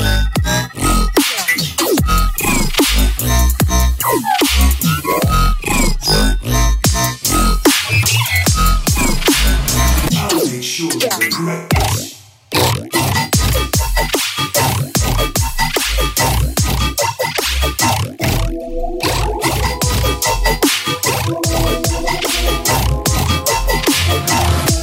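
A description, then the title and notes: Robot noises made of dense, rapid clicks and bursts with warbling, sliding tones and low thumps throughout. Near twelve seconds the sound drops out briefly, then returns; from about nineteen seconds steadier buzzing pitched tones take over alongside the chatter. Robot noises.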